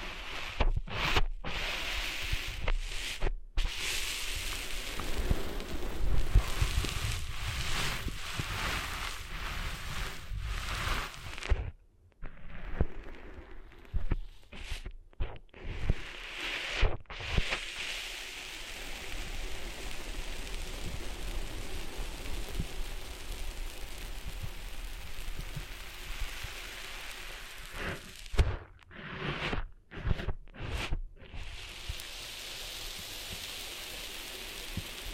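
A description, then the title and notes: Sand being cleaned out of an ear: a dense, steady rustling and scratching hiss fills most of the clip. It is interrupted by sharp dropouts of near silence around 12 seconds and again near 29–31 seconds, with brief crackly bursts between. ASMR Cleaning Sand Out of Your Ears (No Talking).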